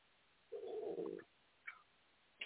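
A single low, bubbling gurgle lasting under a second: stomach growling in an adult who is hungry all the time, the normal rumble of a hungry gut.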